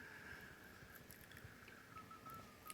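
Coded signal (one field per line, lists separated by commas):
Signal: JS8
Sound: faint steady warbling tone in hiss with scattered clicks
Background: radio static, clicks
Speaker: there you can hear a message coming through now it will come through here in a little 15-second bursts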